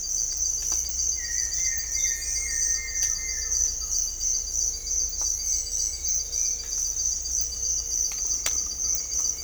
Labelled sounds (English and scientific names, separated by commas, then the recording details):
none
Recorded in dense forest near Puerto Asís, Putumayo, Colombia, on 16 December 2024 at 06:30
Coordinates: 0.500, -76.322
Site G053